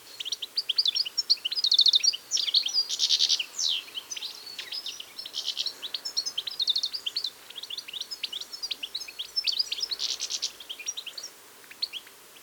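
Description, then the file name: European goldfinch twittering, long stream of high tinkling chirps with several short buzzy trills. "Carduelis carduelis"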